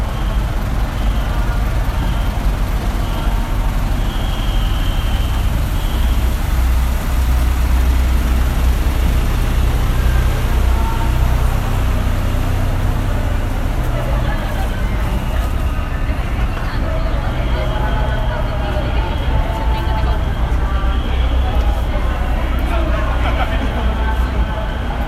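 Dense crowd noise at Shibuya's Halloween gathering, with many overlapping voices chattering. A steady low rumble of passing vehicles runs underneath throughout, and the level stays constant for the whole stretch, with occasional brighter shouts and tones poking out.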